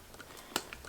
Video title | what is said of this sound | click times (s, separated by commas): CHANEL VINTAGE SMALL CLASSIC FLAP - REVIEW, WHAT FITS, HISTORICAL FEATURES OF CHANEL CLASSIC FLAPS | it just snaps into place and I | 0.6 s